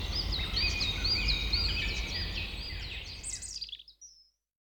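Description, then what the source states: Bird song with repeated high whistled chirps and quick trills over low background rumble, ending in a brief burst of notes before falling silent. Forest ambience with birds in the forest.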